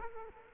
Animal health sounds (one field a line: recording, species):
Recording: mosquito wingbeat signal from an infrared sensor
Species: Culex quinquefasciatus